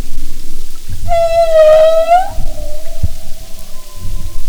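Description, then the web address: Humpback whale call: one strong, bright tonal cry about a second long that lifts at the end, followed by a faint thin tone and low underwater rumble. "Marine Mammals humpback"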